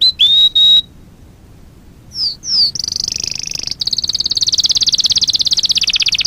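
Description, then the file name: Canary singing clear whistled notes, then a pause and two slurred notes, followed by rapid rolling trills that keep going to the end. Fife canary breed. "kenari-fife-v 2-omkicau"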